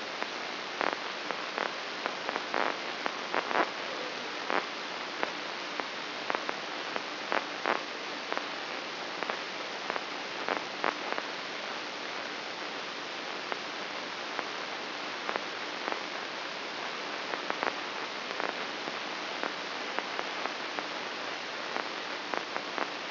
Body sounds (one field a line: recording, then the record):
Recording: brain microelectrode recording played as sound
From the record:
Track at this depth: inside the subthalamic nucleus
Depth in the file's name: 5.661 mm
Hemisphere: left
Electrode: 3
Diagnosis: Parkinson's disease